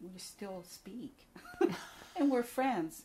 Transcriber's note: both laugh